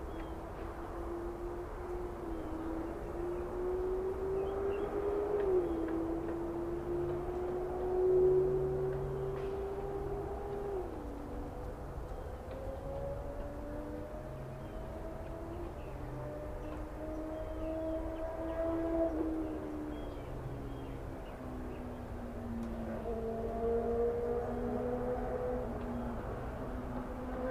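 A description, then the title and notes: On a trip to a Florida nature preserve, a vehicle engine drones steadily throughout, with a deep rumble underneath. Its whining tone glides slowly up and down in pitch, rising around five, eight and twenty-three seconds, while the overall loudness stays fairly even. Florida Nature Preserve Trip. Swamp.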